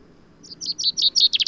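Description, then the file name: Common chaffinch song opening: a short series of high, evenly spaced chipping notes quickening toward a trill, with faint low background noise. "Fringilla coelebs"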